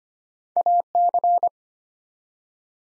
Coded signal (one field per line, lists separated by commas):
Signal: Morse code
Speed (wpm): 25 wpm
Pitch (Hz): 700 Hz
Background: none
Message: AC